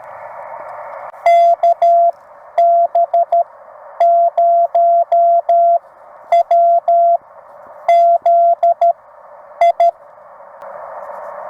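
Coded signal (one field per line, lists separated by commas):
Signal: Morse code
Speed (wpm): 15 wpm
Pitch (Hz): 680 Hz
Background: none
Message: KB0WZI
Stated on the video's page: CW Parks on the Air activation, used as copy practice.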